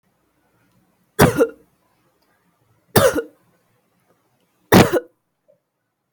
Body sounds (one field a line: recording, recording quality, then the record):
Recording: heavy voluntary cough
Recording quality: excellent, no background noise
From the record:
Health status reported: healthy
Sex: female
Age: 22 years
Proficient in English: yes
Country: India